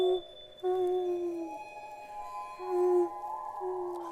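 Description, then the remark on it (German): A tawny owl hoots at night in the countryside, in long, hollow, wavering notes, several drawn-out calls in a row, each sliding slightly lower, with a faint higher tone lingering behind. “Der Ruf eines Käuzchens.”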